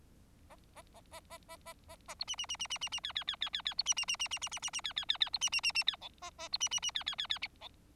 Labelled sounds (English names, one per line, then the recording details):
Bengalese Finch song
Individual Bird4